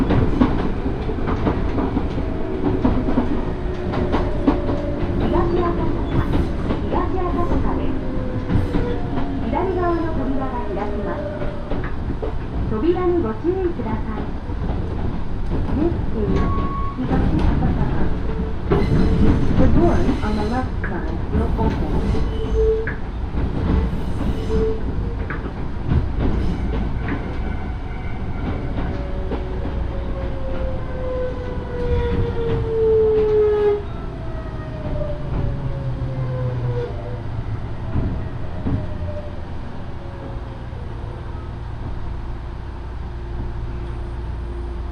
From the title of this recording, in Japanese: 養老鉄道 揖斐→大垣→養老